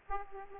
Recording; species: mosquito wingbeat signal from an infrared sensor; Aedes aegypti